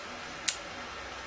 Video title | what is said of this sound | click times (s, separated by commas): How to put a Nikon Lens on a Canon DSLR: Kawa Adaptor | and that means it goes on perfectly and then you give it a little twist until you hear the bit click | 0.5 s